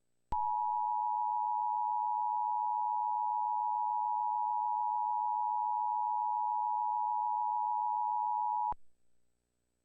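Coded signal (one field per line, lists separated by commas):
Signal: Emergency Alert System (SAME) tones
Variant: 853 and 960 Hz attention tone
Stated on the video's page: Mock EAS scenario with valid SAME tones, not an actual broadcast alert.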